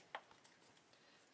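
A plastic wedge piece is pushed in between the two halves of a part for a 1:6 scale Mustang GT500 model car, giving one sharp click at 0.15 s, followed by faint ticks around 0.3 s and 0.45 s. The piece is only partly clipped in: it sits raised rather than flush, which is not good enough.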